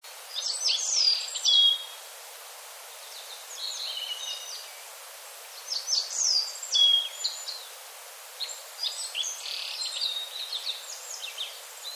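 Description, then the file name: Black-faced bunting: thin, high, twittering phrases of a few quick notes, in several bursts at irregular gaps against a quiet, hissy background. "aoji"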